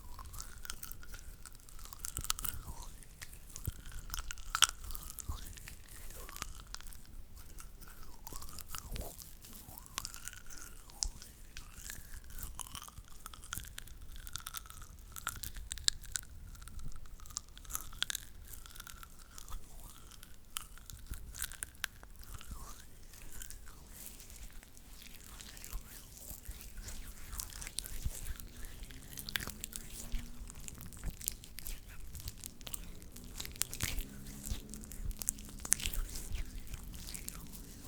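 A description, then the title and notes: Hands make constant dry crackling and crunching noises, like rubbing and crumpling, with irregular sharp clicks throughout. For the first twenty-five seconds a faint, wavering squeak rises and falls over and over; after that, low murmuring tones join. Hand Sounds That Are Unpredictable At 100% Sensitivity.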